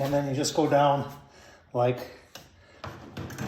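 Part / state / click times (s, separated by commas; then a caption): folding cart leg lock on a portable charcoal grill cart / not seated / none. Someone talks while lowering the folding cart of a Masterbuilt portable charcoal grill, swinging the metal leg mechanism down toward its leg lock. Brief knocks and rattles sound at about 2.4, 2.8, 3.2 and 3.4 seconds as the leg is handled. The clip ends before the leg locks into place, so nothing has seated or clicked yet.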